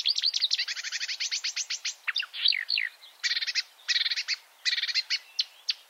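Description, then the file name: Marsh warbler song: rapid rattling series of stacked buzzy notes, a few slurred whistles, then short bursts of rattles and separate sharp chirps. "suara-kicauan-burung-marsh-warbler -omkicau"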